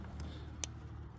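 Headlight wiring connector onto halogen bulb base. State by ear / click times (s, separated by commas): seated / 0.6 s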